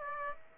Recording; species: mosquito wingbeat signal from an infrared sensor; Aedes aegypti